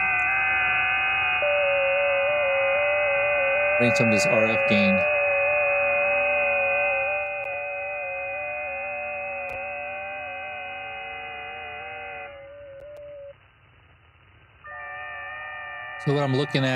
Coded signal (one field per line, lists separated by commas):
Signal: FT8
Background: speech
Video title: *** LIVE *** Life Updates and FT8